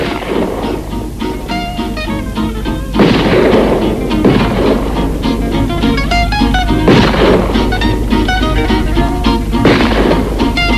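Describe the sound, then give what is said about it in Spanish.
Three loud blasts from a hunter's shotgun, fired while hunting rabbits, ring out a few seconds apart, each a sharp booming crack that fades quickly, set against a steady bed of tonal music. “Lucien coge la escopeta de su padre y se va de caza.”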